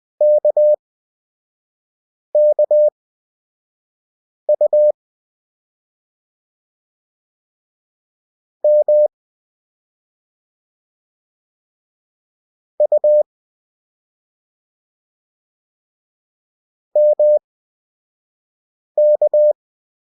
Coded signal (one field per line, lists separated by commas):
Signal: Morse code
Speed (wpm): 20 wpm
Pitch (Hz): 600 Hz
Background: none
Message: KKU M U MK